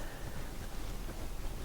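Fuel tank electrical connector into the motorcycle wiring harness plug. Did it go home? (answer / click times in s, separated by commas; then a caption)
no / none. Handling of a motorcycle fuel tank's electrical connector as it is pushed onto its plastic mating plug on the wiring harness while the tank is refitted on a Royal Enfield Guerrilla 450. Only a steady, broadband, noisy rustle is heard with no distinct transients. Nothing has seated or clicked yet.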